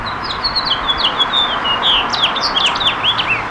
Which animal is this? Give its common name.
House Finch